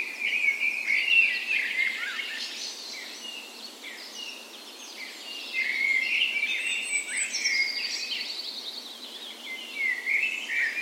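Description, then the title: Many birds singing at once at dawn, busy high chirping and twittering with brief whistled notes weaving through a steady wash of song. Spring dawn chorus recorded on the morning of 17 May, Norway's National Day, in a park west in Bergen, Norway; Sony PCM A10 recorder with LOM micro Usi microphones as tree ears. "17th Of May Dawn Chorus"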